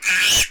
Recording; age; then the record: pig call; piglet (1 to 25 days)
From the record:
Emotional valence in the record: negative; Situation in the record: restrain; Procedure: sham castration, fixation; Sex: male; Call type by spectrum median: high-frequency call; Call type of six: high-frequency modulated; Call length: 0.51 s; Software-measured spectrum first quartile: 2414 Hz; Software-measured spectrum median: 3496 Hz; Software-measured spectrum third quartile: 6637 Hz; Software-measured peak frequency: 2482 Hz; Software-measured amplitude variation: 108 dB a second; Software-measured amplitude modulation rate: 24.5 a second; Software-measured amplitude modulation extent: 4.4 dB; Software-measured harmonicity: 3.3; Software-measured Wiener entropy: -2.01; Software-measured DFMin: 786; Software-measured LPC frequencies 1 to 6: 1643, 2447, 2984, 5394, 6138, 6677 Hz